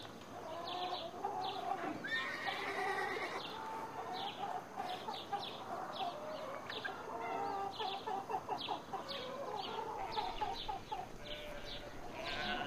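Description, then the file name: Chickens clucking in short repeated notes amid a busy mix of other bird calls. Village farm recording. "derevnya ptici korovi kozi kuri"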